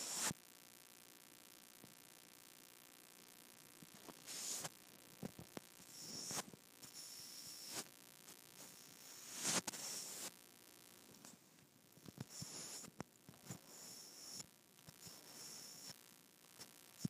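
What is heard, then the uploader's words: A microphone rubbed against skin gives a steady hissing buzz, broken by bright scraping bursts near 0, 4.5, 6.5 and 9.5 seconds. ASMR Rubbing Microphone on my Skin.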